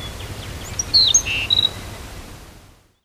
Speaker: I leave you with the song of the black-throated sparrow.